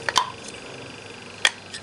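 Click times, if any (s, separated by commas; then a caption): 1.5 s. The plastic halves of a compact fluorescent lamp base are pressed together, seating the plastic base cover onto the lamp's ballast housing so the snap tabs engage. A few light plastic ticks come first, then one sharp click at 1.4 s as the tabs lock properly.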